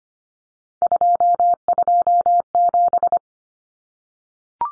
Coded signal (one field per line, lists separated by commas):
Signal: Morse code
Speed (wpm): 25 wpm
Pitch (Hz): 700 Hz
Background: none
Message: 227